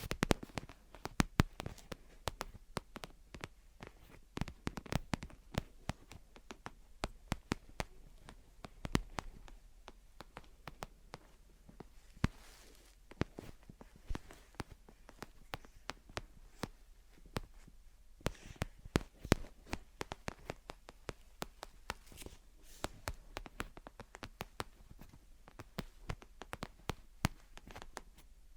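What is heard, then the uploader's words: Gentle tapping and scratching runs the whole time as dense, irregular clicks and taps, many sharp and bright with quick decays. Small clusters of louder taps stand out every second or so, with soft scratchy rustling filling the gaps between them. Gentle Tapping and Scratching. (No Talking).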